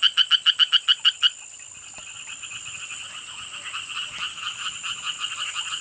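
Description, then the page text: Eastern tree frog: a loud run of quick, bright croaks opens, followed by fainter croaking behind a steady high-pitched hum. "звуки амфибий - Квакша Шелковникова (Hyla orientalis)"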